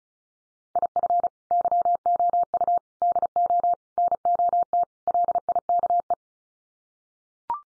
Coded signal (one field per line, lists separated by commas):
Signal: Morse code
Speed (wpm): 34 wpm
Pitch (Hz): 700 Hz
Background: none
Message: IF YOU DO NOT LIKE